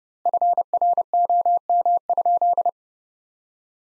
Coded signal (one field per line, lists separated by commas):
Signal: Morse code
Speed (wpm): 32 wpm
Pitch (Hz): 700 Hz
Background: none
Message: FROM?